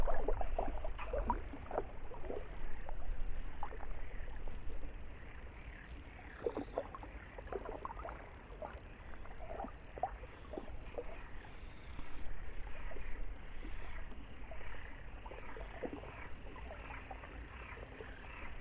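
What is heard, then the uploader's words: A still lake at night with soft water lapping and small knocks against a boat, plus a low steady hum underneath, louder at first. Relaxing Night Fishing on The Lake | Fishing Life & Lake Ambience.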